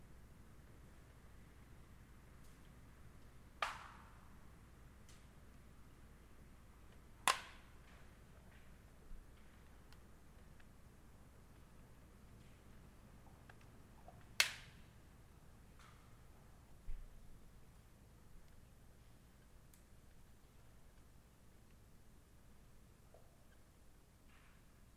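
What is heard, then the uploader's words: A quiet rural soundscape outside a home, with a low, steady hum underneath. Sharp, bright cracks or snaps break the calm at scattered moments, near 4, 7, 14 and 17 seconds, with a fainter tick around 9 seconds; otherwise little happens. Long duration soundscape recordings made at my home, a rural property 22 KM west of the village of South River, Ontario, Canada. Based on recordings made through the month of February in 2019. The recordings ran unattended anywhere from 24 to 120 hours.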